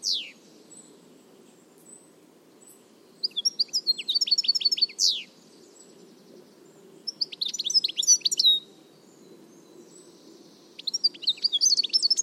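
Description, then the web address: Bird singing sharp, high chirping bursts and swept notes, repeated in several short phrases with pauses, over a soft low background hum. "Deverinetal"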